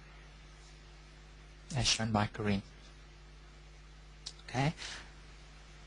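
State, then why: Seated. A time clock unit is hooked top edge first into its wall-mounted back plate, then pushed in at the bottom until it seats with a single sharp click at 4.3 seconds. Someone talks before and just after the click over a steady low hum.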